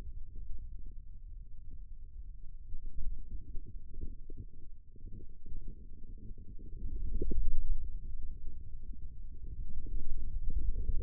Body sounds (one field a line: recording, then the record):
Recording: forearm muscle sounds (acoustic myography)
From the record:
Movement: ulnar deviation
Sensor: system 2, bracelet of six BSWA MPA416 microphones around the upper forearm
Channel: 6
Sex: male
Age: 22 years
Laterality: right